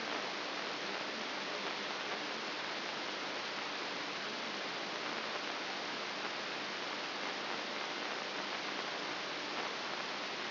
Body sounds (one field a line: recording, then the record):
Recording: brain microelectrode recording played as sound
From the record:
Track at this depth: inside the subthalamic nucleus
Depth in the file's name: 3.502 mm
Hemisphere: left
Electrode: 3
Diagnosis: Parkinson's disease